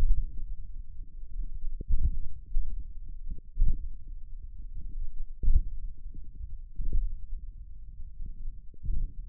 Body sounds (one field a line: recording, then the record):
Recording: forearm muscle sounds (acoustic myography)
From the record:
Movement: index flexion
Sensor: system 1, eight BSWA MPA416 microphones around the upper forearm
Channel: 8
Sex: male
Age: 28 years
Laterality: right